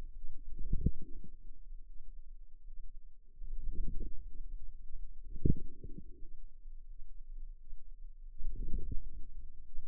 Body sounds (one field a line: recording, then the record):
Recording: forearm muscle sounds (acoustic myography)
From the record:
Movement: outward rotation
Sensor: system 2, bracelet of six BSWA MPA416 microphones around the upper forearm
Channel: 2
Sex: female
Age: 23 years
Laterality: right